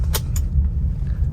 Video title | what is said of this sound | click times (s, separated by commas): 2011 Jeep Grand Cherokee Laredo at I-95 Muscle | Nice click there. | 0.2 s, 0.4 s